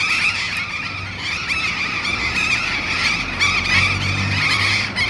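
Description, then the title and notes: A flock of burrowing parrots keeps up rapid, raucous screeching calls, overlapping constantly, while vehicle noise rumbles low in the background. Group of burrowing parrots perched on overhead urban power lines at a street corner in a neighbourhood of Bahía Blanca, Argentina; August. "Loros barranqueros (Cyanoliseus patagonus) en tendido eléctrico aéreo urbano. Humboldt esq. H. Yrigoyen. B° La Falda. Por Sonoteca Bahía Blanca"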